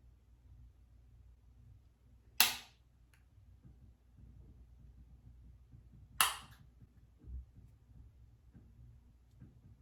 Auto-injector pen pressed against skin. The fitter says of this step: Okay, so I just injected myself. You heard the 2 clicks and the yellow bar just went straight through.